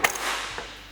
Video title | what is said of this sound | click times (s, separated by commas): Tommy Docks Aluminum Frame Accessories | and then it snaps into place. | 0.1 s